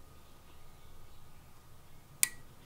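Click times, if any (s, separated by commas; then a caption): 2.2 s. A wiring harness plug is lined up and gently pushed onto the mass airflow sensor on a new Mishimoto intake tube in a Civic with the 1.5T engine. After quiet low background noise, one sharp, bright click at 2.2 s shows the connector seating, and it is then tugged to confirm it is in and won't come loose.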